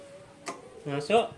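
A mechanic presses a part of a scooter's combined (CBS) brake system into its mount while reinstalling it. A single sharp tick at 0.5 s marks it clicking into place, and then someone talks. The part is seated.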